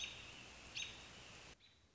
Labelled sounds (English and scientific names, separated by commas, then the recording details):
American Robin (Turdus migratorius)
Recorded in Sonoma County, California